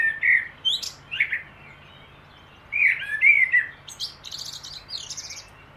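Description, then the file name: Common blackbird giving low flute-like warbles, then a longer rich phrase trailing into thin, high scratchy twittering notes. "Turdus merula"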